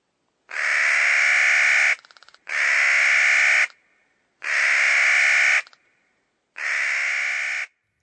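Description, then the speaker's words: Clark's nutcracker calls: four long, harsh, grating notes, each over a second long, repeated with short pauses between them. Long, grating call; does not sleep through winter but migrates short distances by changing elevation; normally found high in western mountains near treeline. "On one of your ranger-led snowshoe hikes in Glacier National Park, you may be able to hear the long, grating call of the Clark's Nutcracker."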